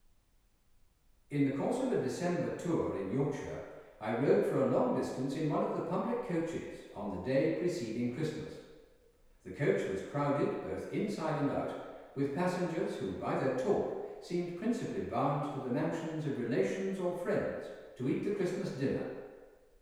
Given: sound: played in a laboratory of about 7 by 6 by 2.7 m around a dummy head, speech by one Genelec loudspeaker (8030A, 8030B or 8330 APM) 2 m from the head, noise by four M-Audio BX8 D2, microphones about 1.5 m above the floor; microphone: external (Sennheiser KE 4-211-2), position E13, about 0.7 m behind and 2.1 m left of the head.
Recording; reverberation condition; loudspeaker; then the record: male speech in English; high; in front (0 degrees)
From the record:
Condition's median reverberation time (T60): about 1300 ms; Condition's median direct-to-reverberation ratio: about -4.0 dB